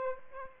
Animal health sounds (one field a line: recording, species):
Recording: mosquito wingbeat signal from an infrared sensor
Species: Aedes aegypti